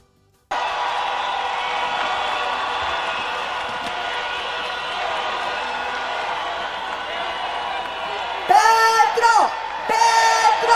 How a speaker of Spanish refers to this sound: Al grito de Petro, Petro, recibieron al candidato del pacto histórico en la Plaza de Bolívar.